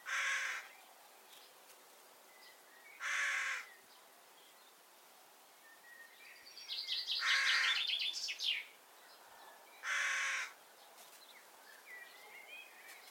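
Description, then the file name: Carrion crow giving four hoarse caws spaced a few seconds apart, while another small bird sings a quick chirping phrase in the middle. "Corvus corone"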